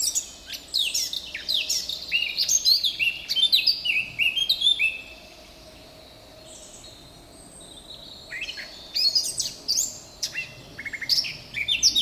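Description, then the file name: Eurasian blackcap singing a fast varied warble of clear fluty and chattering notes, falling quiet for roughly three seconds, then resuming with a shorter burst of warbling. "Sylvia atricapilla"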